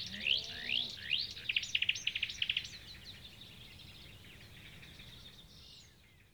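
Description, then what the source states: Marsh warbler song: rising whistled notes, then a quick series of sharp high ticks, then softer scratchy warbling that fades. Recorded 6 June 2016.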